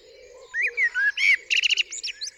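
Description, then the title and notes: Common blackbird song phrase: low fluty whistles rising and falling, followed by a fast, buzzy, high-pitched twitter; a faint low hum runs underneath. Singing on the roof of the recordist's studio, UK, 8 April 2020 around 7am, during Covid-19 lockdown; recorded with parabolic dish, MKH50 and MKH30 microphones in M/S, Sonosax R4+ recorder. "Blackbird On A Still Morning. I would like to share this recording I made this morning on the 8th April 2020 around 7am. A Blackbird singing on the roof of my studio"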